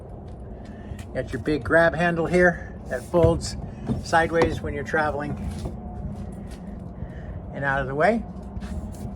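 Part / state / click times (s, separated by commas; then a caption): folding entry grab handle locking onto its RV door-frame mount / not seated / none. Someone talks while the folding entry-door grab handle on an Alliance 294RK full-timer travel trailer is handled on its RV door-frame mount, where it folds sideways out of the way for traveling and is swung up and over from that position. Faint handling noise sits under the talk, and the clip ends before the handle locks into place, so nothing has seated or clicked yet.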